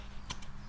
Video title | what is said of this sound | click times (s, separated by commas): MTC SWAT Prismatic 10x30 Atom Review | So it's all, once you've got your 0, click it down. | 0.3 s